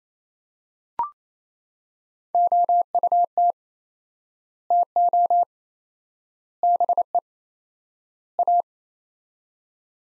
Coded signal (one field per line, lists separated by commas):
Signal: Morse code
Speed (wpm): 27 wpm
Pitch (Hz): 700 Hz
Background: none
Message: OUT TO BE A